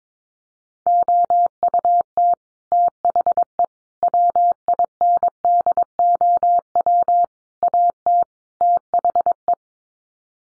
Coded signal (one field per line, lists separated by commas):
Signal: Morse code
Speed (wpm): 22 wpm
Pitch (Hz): 700 Hz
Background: none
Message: OUT THE WINDOW AT THE